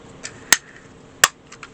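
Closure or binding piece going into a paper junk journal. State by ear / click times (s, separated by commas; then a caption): seated / 0.5 s, 1.2 s. A closure or binding piece is pushed back into place on a handmade paper junk journal. Two sharp clicks ring out at 0.5 s and 1.2 s, with fainter ticks around them, and the closure seats back in.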